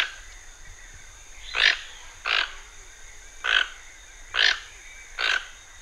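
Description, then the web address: Toucan uttering five gruff, grating croaks about a second apart, set against a steady faint high whine. Recorded in the Pantanal. "sescpantanal. Tucano"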